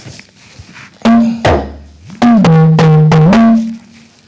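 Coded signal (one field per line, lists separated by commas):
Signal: talking drum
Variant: Yoruba dùndún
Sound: several resonant drum strokes whose pitch dips and rises like speech tones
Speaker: if you speak Yoruba and you're here you know exactly what this means I'm going to talk about now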